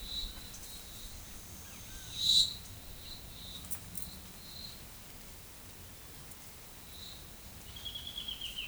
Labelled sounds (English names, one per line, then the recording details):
Pale-legged Hornero
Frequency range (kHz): Pale-legged Hornero 2.3-3.5 kHz
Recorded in forest near Pivijay, Magdalena, Colombia, on 15 April 2023 at 12:00
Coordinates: 10.467, -74.380
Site Z5-G034